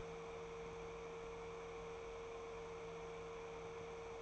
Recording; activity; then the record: daily activity, microphone in the room; open fridge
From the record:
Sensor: 1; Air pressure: 1014.9 hPa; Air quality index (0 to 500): 192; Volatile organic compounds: 21 ppm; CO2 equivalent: 2724 ppm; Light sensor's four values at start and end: 11/26/11/12 and 11/26/10/12